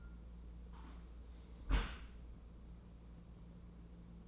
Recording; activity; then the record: daily activity, microphone in the room; close dishwasher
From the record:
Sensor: 1